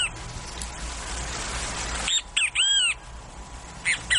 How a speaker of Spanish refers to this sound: El venteveo es un pájaro muy común en el país.